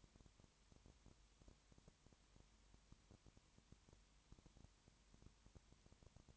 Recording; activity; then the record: daily activity, microphone in the room; no activity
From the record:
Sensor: 3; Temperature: 21.1 degrees Celsius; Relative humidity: 37.0%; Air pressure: 1010.6 hPa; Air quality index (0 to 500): 204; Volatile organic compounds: 31 ppm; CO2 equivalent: 2982 ppm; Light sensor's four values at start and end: 2/3/2/2 and 2/3/2/2